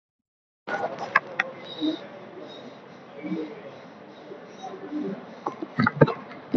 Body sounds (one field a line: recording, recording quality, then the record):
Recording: shallow breathing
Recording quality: moderate, slight background noise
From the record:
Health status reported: COVID-19 positive, mild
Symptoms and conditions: sore throat, fever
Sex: male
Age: 25 years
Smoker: not ticked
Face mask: worn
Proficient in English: yes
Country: India